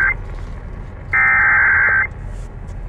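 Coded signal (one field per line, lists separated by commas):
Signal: Emergency Alert System (SAME) tones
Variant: header bursts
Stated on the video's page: Real severe thunderstorm warnings received from NOAA Weather Radio station KEC56 and a broadcast radio station.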